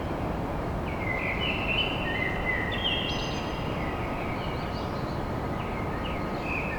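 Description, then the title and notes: Common blackbird song: a rich warbling phrase followed by softer high twitters, against a steady low rumble and a faint hum. Song recorded at dawn in Paris. "Blackbird Poetry At Paris On. Enregistrement d'un chant de merle à l'aube dans Paris"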